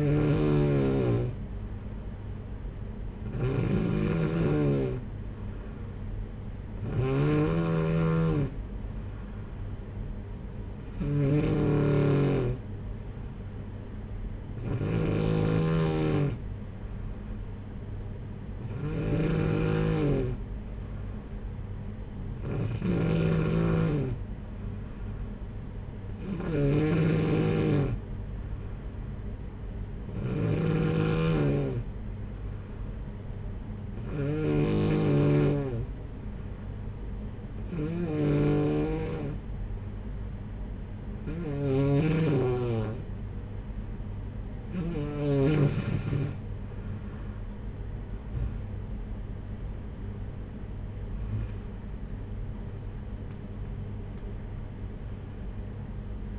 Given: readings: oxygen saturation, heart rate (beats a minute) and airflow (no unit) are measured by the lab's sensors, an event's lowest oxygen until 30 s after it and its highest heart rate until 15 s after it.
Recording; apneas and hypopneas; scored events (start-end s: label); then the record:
breathing in sleep by a smartphone at the bedside; 1
32.00-49.60 s: hypopnea (N2, oxygen 93% highest, then 93% lowest, heart rate 55 at the start, 69 highest)
From the record:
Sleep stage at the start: N2 (light sleep); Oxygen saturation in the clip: 93 to 94%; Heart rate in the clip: 54 to 65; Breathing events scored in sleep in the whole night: 226 in 8.8 hours asleep